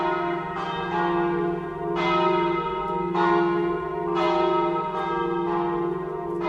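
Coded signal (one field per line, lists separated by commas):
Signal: bell signal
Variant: Italian battiore ringing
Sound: several large church bells ringing together, overlapping strikes with long humming decay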